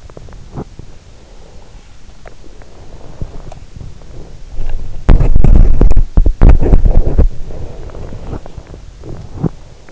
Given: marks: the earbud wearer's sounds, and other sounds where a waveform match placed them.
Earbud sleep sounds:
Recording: sounds in sleep by an in-ear microphone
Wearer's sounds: teeth grinding, breath, body movement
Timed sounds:
0.00-0.81 s: teeth grinding
0.92-1.83 s: breath
2.13-3.56 s: breath
3.40-7.64 s: body movement
7.51-8.80 s: breath
8.94-9.75 s: teeth grinding

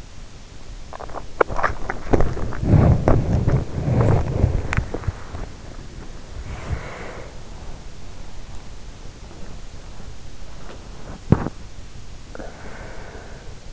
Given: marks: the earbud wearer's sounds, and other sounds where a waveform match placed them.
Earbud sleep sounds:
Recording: sounds in sleep by an in-ear microphone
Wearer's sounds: body movement, swallowing, breath, teeth grinding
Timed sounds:
0.59-13.73 s: body movement
2.64-5.18 s: swallowing
5.94-8.04 s: breath
11.07-11.70 s: teeth grinding
12.01-13.73 s: breath

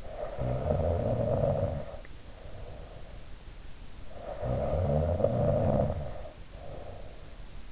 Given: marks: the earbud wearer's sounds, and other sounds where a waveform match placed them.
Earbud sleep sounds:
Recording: sounds in sleep by an in-ear microphone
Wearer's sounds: snoring breath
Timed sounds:
0.00-3.20 s: snoring breath
3.89-7.37 s: snoring breath

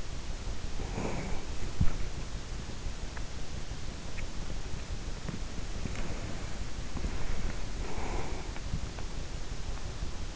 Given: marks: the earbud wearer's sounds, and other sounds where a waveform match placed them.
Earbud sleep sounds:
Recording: sounds in sleep by an in-ear microphone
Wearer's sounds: body movement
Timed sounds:
0.00-10.35 s: body movement

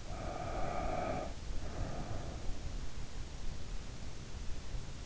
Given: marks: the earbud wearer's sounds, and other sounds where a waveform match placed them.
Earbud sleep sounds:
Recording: sounds in sleep by an in-ear microphone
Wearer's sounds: breath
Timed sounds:
0.06-2.69 s: breath

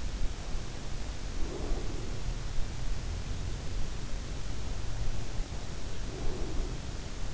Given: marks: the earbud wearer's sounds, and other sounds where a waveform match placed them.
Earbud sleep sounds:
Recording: sounds in sleep by an in-ear microphone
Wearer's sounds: breath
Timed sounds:
0.85-2.76 s: breath
5.78-7.34 s: breath

